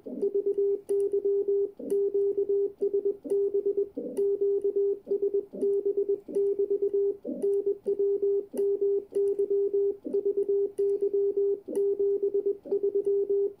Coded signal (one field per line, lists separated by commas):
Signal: Morse code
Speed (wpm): 20 wpm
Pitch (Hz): 400 Hz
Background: radio noise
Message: VY QSB QSB <BT> NW MY VY 73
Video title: Hacksaw Morse key QSO with Bert 9A2UN in Solin, Croatia